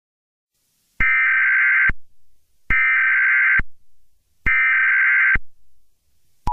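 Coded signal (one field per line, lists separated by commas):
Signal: Emergency Alert System (SAME) tones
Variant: header bursts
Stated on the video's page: Simulated EAS scenario.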